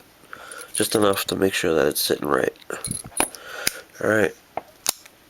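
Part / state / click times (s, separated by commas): audible clicker piece into baitcast reel side plate / seated / 4.9 s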